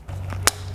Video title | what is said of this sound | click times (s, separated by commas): 15-17 Ford F-150 Morimoto XB Headlight Install - Headlight Revolution | it into this black character here clips right into place like that | 0.5 s